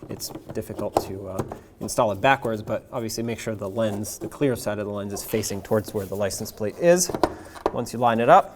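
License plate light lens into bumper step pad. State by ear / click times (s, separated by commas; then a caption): not seated / none. Someone talks while handling the plastic license plate light lens for a 2009-2014 Ford F-150, lining it up by its two different-size locking tabs with the clear side facing the license plate, ready to tap into the opening in the plastic bumper step pad. Only talking is heard, and nothing has seated or clicked yet.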